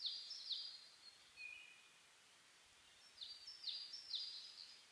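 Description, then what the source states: Bird song with quick, sharply falling high notes in a short run, a pause, then another run of three similar notes. Dawn chorus of birds on 10 May 2010 at 04:01 (reimei, dawn; saezuri, bird chirping); DH-D50 device.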